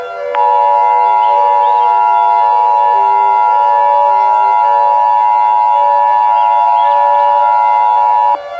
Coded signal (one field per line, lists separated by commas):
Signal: Emergency Alert System (SAME) tones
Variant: 853 and 960 Hz attention tone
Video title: EAS Scenario - BROADCAST INTERFERENCE DETECTED REMASTERED